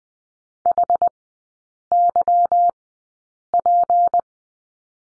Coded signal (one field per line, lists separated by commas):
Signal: Morse code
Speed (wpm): 20 wpm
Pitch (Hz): 700 Hz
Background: none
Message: HYP